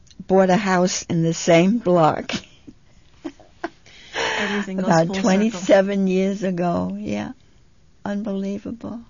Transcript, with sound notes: bought a house in the same block. ( she laughs ) About twenty-seven years ago, yeah. Unbelievable.